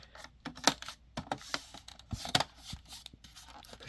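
A plastic cover on a Dell Inspiron 24 5410 all-in-one PC is lined up and pushed down by hand so its retaining clips go back into the computer chassis. Soft rustling and handling noises surround two sharp snaps at 0.7 s and 2.4 s, and the cover's clips are seated.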